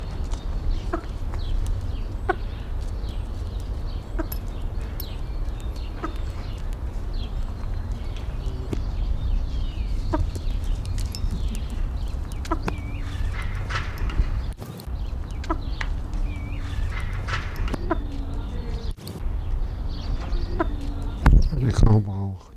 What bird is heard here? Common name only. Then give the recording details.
Blyth's Tragopan. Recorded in captivity. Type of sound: call. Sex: male. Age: adult. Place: Tierpark Berlin, Berlin, DE. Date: 1994-04-08 12:16. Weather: sonnig, 5°C. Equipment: Marantz CP 430, Sennheiser ME 80, Kopie Uher Variocord 263. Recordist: Tembrock, Günter. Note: Männchen: Kurzlaute am Gitter